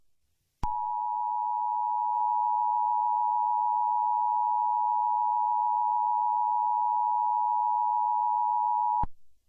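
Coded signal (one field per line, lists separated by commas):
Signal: Emergency Alert System (SAME) tones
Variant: 853 and 960 Hz attention tone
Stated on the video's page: Fictional analog-horror EAS scenario, a recreation made with Audacity.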